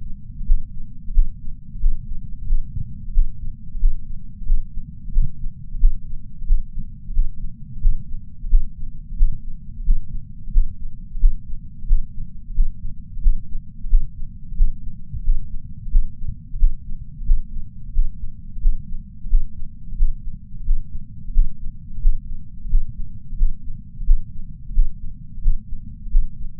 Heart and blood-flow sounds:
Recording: heart sounds by patch sensor on the chest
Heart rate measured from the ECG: 89 bpm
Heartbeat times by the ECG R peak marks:
0.46 s: heartbeat
1.13 s: heartbeat
1.80 s: heartbeat
2.47 s: heartbeat
3.13 s: heartbeat
3.79 s: heartbeat
4.46 s: heartbeat
5.13 s: heartbeat
5.79 s: heartbeat
6.46 s: heartbeat
7.13 s: heartbeat
7.81 s: heartbeat
8.49 s: heartbeat
9.17 s: heartbeat
9.85 s: heartbeat
10.52 s: heartbeat
11.19 s: heartbeat
11.87 s: heartbeat
12.55 s: heartbeat
13.22 s: heartbeat
13.89 s: heartbeat
14.56 s: heartbeat
15.24 s: heartbeat
15.91 s: heartbeat
16.58 s: heartbeat
17.25 s: heartbeat
17.94 s: heartbeat
18.61 s: heartbeat
19.29 s: heartbeat
19.97 s: heartbeat
20.65 s: heartbeat
21.33 s: heartbeat
22.01 s: heartbeat
22.69 s: heartbeat
23.37 s: heartbeat
24.05 s: heartbeat
24.73 s: heartbeat
25.42 s: heartbeat
26.11 s: heartbeat
From the record:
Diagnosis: coronary artery disease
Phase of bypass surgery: postoperative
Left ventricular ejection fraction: 69.2%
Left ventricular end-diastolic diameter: 44 mm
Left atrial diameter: 37 mm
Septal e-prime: 6.9 cm/s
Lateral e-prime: 8.2 cm/s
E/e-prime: 11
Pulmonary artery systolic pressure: 21 mmHg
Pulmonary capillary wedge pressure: 12 mmHg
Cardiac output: 4.9 L/min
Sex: male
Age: 63 years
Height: 170 cm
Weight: 85 kg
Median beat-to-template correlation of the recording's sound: 0.93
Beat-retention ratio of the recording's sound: 0.99

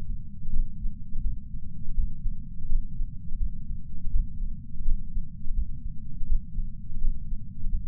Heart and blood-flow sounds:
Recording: heart sounds by patch sensor on the chest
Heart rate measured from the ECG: 84 bpm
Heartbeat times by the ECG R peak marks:
0.51 s: heartbeat
1.22 s: heartbeat
1.94 s: heartbeat
2.67 s: heartbeat
3.38 s: heartbeat
4.11 s: heartbeat
4.83 s: heartbeat
5.54 s: heartbeat
6.27 s: heartbeat
6.99 s: heartbeat
7.70 s: heartbeat
From the record:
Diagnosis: coronary artery disease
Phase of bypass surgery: postoperative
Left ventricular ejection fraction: 60.9%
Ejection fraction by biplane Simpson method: 59.5%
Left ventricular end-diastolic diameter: 49 mm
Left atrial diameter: 39 mm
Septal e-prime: 6.3 cm/s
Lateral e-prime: 6.7 cm/s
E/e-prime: 11.5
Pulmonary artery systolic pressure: 33 mmHg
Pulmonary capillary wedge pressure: 2 mmHg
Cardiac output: 6.3 L/min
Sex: male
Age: 71 years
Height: 162 cm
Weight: 75 kg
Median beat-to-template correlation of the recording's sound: 0.79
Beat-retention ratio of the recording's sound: 1.00

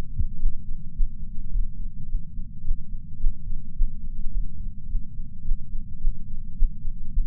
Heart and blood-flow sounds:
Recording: heart sounds by patch sensor on the chest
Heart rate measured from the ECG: 107 bpm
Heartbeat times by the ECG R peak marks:
0.37 s: heartbeat
0.93 s: heartbeat
1.50 s: heartbeat
2.07 s: heartbeat
2.63 s: heartbeat
3.18 s: heartbeat
3.74 s: heartbeat
4.31 s: heartbeat
4.87 s: heartbeat
5.43 s: heartbeat
5.99 s: heartbeat
6.55 s: heartbeat
7.11 s: heartbeat
From the record:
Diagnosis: coronary artery disease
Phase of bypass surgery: postoperative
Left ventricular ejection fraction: 54.7%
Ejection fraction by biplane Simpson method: 51.3%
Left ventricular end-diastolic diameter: 46 mm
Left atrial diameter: 45 mm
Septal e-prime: 5.3 cm/s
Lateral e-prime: 7.1 cm/s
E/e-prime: 10.6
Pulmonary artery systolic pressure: 26 mmHg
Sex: male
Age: 58 years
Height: 182 cm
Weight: 89 kg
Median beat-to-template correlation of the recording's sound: 0.72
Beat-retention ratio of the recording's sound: 0.99

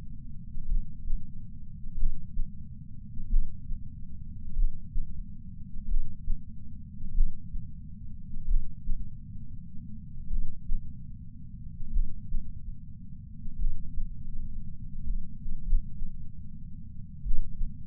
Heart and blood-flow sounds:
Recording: heart sounds by patch sensor on the chest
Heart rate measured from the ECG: 43 bpm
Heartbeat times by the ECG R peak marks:
0.66 s: heartbeat
1.95 s: heartbeat
3.27 s: heartbeat
4.54 s: heartbeat
5.86 s: heartbeat
7.12 s: heartbeat
8.45 s: heartbeat
10.28 s: heartbeat
11.90 s: heartbeat
13.56 s: heartbeat
15.04 s: heartbeat
15.64 s: heartbeat
17.23 s: heartbeat
From the record:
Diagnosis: coronary artery disease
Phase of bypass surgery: preoperative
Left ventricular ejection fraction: 64.4%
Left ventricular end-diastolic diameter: 51 mm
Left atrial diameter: 41 mm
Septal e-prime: 7.3 cm/s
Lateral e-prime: 10.3 cm/s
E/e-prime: 10.1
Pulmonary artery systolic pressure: 25 mmHg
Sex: male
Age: 59 years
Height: 168 cm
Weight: 81 kg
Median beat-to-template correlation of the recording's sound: 0.86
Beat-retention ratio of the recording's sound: 0.96

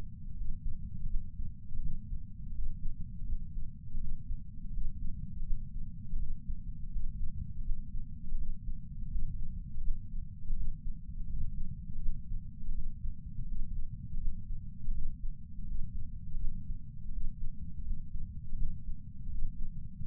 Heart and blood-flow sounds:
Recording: heart sounds by patch sensor on the chest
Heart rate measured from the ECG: 82 bpm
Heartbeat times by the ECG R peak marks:
0.34 s: heartbeat
1.07 s: heartbeat
1.79 s: heartbeat
2.52 s: heartbeat
3.24 s: heartbeat
3.97 s: heartbeat
4.70 s: heartbeat
5.43 s: heartbeat
6.16 s: heartbeat
6.89 s: heartbeat
7.62 s: heartbeat
8.35 s: heartbeat
9.08 s: heartbeat
9.81 s: heartbeat
10.53 s: heartbeat
11.26 s: heartbeat
11.99 s: heartbeat
12.72 s: heartbeat
13.45 s: heartbeat
14.18 s: heartbeat
14.91 s: heartbeat
15.64 s: heartbeat
16.37 s: heartbeat
17.10 s: heartbeat
17.83 s: heartbeat
18.55 s: heartbeat
19.28 s: heartbeat
20.00 s: heartbeat
From the record:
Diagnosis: coronary artery disease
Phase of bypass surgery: postoperative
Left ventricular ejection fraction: 60.1%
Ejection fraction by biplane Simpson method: 55.9%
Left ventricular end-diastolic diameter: 44 mm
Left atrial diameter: 30 mm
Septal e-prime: 4.8 cm/s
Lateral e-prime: 11.2 cm/s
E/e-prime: 10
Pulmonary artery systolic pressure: 23 mmHg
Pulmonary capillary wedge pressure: 10 mmHg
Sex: male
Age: 75 years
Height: 167 cm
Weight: 58 kg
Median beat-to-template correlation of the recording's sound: 0.77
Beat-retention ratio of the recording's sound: 1.00

